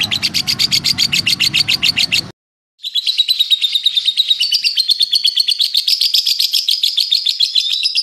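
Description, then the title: Lovebird chattering song, a rapid buzzy trill of fast repeated notes with a low rumble underneath, a short break, then a long steady trill that wavers slightly in pitch. Master training recording for lovebirds, meant to make them quickly produce the long chattering song style called ngekek panjang. "Kicau Lovebird Terapi Masteran LABET Agar Labet Cepet NGEKEK PANJANG"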